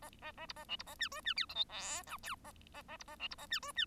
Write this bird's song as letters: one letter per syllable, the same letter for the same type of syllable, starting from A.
A A A B A C B A D E D F G H I J K A A A B A C B A D E D